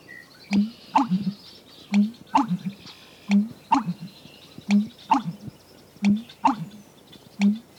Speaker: Listen again to the marvelous song of the American bittern.